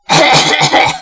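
Two harsh, throaty cough bursts within a second from an adult, with a rough, phlegmy wet-cough quality; a disgusting-sounding cough sound effect.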